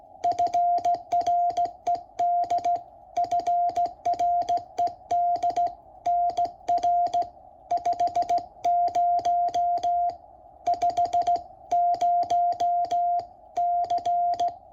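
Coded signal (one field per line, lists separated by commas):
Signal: Morse code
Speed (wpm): 16 wpm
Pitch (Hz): 700 Hz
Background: music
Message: FRED FRED NR 50 5 0 C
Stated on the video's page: CW contact on the 20 m band.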